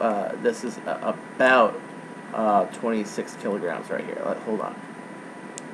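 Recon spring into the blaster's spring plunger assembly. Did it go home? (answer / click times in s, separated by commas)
yes / 5.6 s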